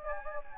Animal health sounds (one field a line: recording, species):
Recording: mosquito wingbeat signal from an infrared sensor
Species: Anopheles gambiae